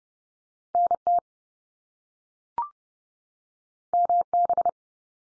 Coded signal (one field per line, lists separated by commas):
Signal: Morse code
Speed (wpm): 30 wpm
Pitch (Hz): 700 Hz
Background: none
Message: NT MB